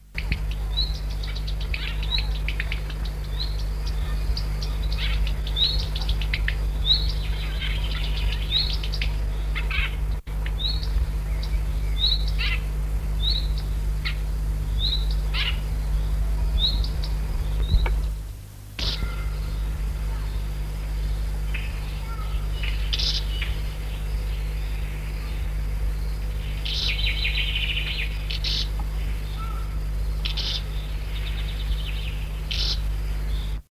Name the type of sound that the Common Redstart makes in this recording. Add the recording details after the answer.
call. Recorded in the wild. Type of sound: call. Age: diverse. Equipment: Halbspur, 9,5 cm/s. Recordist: Lütgens, Hans. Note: Locken von einem flüggen Jungen und Altvögeln